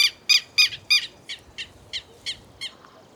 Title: Myiothlypis Nigrocristata